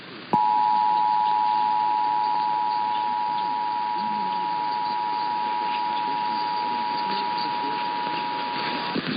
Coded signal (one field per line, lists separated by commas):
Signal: Emergency Alert System (SAME) tones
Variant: 853 and 960 Hz attention tone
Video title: Monthly and Weekly To End of 1st Half of the Year (EAS #11686-11700) 6/28/23